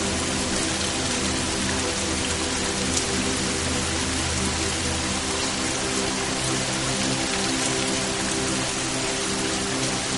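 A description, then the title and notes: Steady, dense rain pours down throughout, a constant hiss spread evenly from low to bright with no pauses. Underneath runs a low, rumbling drone that swells a little in the first half, like distant thunder rolling far off. Thunderstorms.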